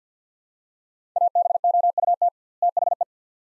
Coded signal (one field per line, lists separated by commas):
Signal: Morse code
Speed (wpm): 50 wpm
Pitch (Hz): 700 Hz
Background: none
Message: ABOUT THE